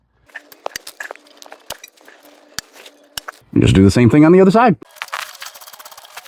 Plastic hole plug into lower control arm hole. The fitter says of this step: and these just snap right into place.